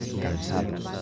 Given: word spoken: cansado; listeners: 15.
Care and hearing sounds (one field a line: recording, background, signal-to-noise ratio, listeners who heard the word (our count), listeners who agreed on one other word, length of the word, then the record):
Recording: one Spanish word in noise, from a listening test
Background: eight-talker babble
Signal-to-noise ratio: -1.0 dB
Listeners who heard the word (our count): 2 of 15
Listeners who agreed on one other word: 7 of 15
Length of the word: 0.62 s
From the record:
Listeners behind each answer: 7, 2, 1, 1, 1, 1, 1, 1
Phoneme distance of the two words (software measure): 7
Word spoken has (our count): 3 syllables, 7 phonemes, stress on syllable 2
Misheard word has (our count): 3 syllables, 8 phonemes, stress on syllable 2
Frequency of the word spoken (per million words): 17.79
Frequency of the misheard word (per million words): 5.65